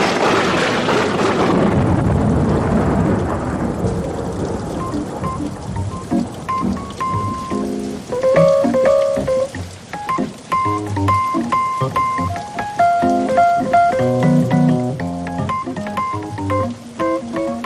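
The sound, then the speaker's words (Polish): A dense, steady hiss of falling rain fills the opening seconds, then thins out as bright, tinkling musical tones and soft plinks take over. No one speaks. “No, i doczekałem się deszczu.”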